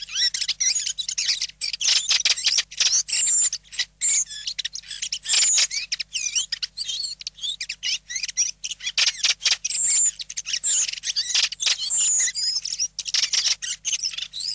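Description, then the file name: Redwing song as a long, continuous high twitter of chattering and squeaky notes with occasional thin whistled slurs, barely pausing throughout. Song phrases. "Tordo Sassello"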